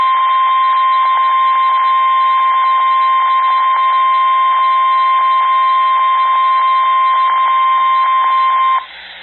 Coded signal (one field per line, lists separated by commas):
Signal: Emergency Alert System (SAME) tones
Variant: 1050 Hz attention tone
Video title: EAS Alerts From Half Of September EAS 32 58